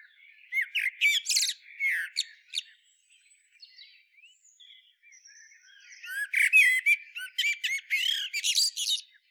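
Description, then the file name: Common blackbird calls: bursts of harsh, squawky, chattering notes with sharp high chips, a quieter gap of thin notes midway, then another busy burst. "Turdus merula"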